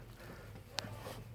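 A wiring harness connector is pushed onto an ignition coil of a 2009 Lincoln MKS during reassembly after a spark plug change. A single sharp click at 0.8 s stands out over a low steady hum, and the connector seats. Someone talks.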